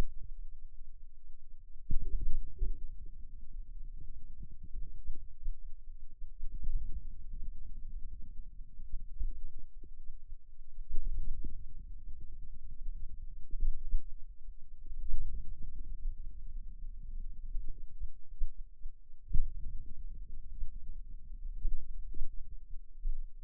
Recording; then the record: forearm muscle sounds (acoustic myography)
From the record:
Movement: wrist extension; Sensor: system 2, bracelet of six BSWA MPA416 microphones around the upper forearm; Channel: 5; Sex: male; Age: 22 years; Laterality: right